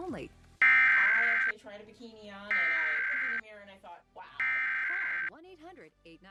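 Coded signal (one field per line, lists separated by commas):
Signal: Emergency Alert System (SAME) tones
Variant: header bursts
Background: speech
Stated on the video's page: EAS required monthly test tones recorded from several FM broadcast stations in the Minneapolis-St. Paul area simultaneously, plus television.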